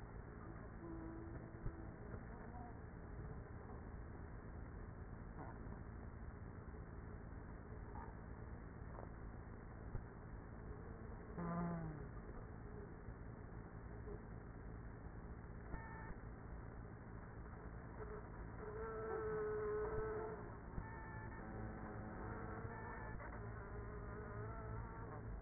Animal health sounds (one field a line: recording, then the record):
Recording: honeybee colony, microphone inside the hive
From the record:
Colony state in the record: queenless with a low population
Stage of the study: after two queens were removed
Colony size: about 30,000 bees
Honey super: no